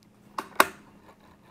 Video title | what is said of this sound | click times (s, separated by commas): I built a 40mph Electric Drift Kart | then tighten down the axle bolt we're going to put the chain onto the sprocket and spin it until we hear the click | 0.6 s